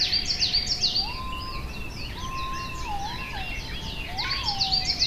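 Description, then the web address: White-bellied green pigeon uttering a series of smooth whistles that rise, hold and fall again, repeated a few times, against a dense chorus of twittering songbirds. "izumino saunndo aobato"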